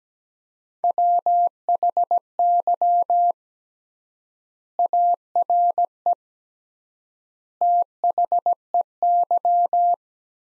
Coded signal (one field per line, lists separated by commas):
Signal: Morse code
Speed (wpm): 17 wpm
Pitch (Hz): 700 Hz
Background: none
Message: WHY ARE THEY